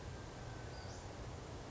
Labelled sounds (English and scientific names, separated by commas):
Western Flycatcher (Empidonax difficilis)